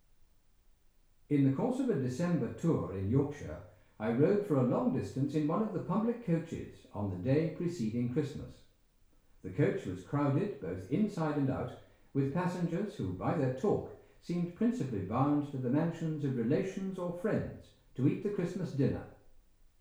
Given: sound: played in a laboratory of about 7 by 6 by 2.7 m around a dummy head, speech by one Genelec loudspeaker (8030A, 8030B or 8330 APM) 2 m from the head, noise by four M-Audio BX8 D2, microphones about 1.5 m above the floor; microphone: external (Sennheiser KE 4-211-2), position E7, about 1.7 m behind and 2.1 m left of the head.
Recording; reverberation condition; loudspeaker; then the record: male speech in English; medium; 120 degrees to the left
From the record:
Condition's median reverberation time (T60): about 510 ms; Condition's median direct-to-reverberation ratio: about -0.5 dB